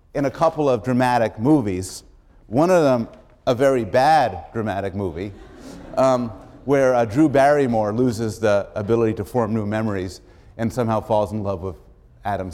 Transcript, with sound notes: in a couple of dramatic movies, one of them a very bad dramatic [laughs] where Drew Barrymore loses the ability to form new memories and somehow falls in love with Adam